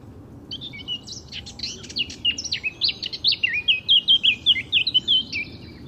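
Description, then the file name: Eurasian blackcap song, a scratchy jumbled warble that turns into a run of loud fluting whistled notes toward the end. "Sylvia atricapilla"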